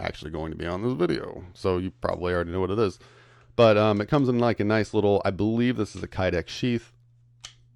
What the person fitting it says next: Clicks into place really nice.